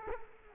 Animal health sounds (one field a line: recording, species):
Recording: mosquito wingbeat signal from an infrared sensor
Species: Culex quinquefasciatus